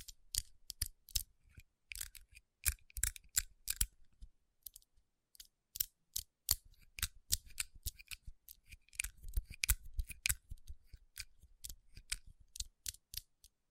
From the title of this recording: Tapping & Rubbing Rhinestone Covered Palms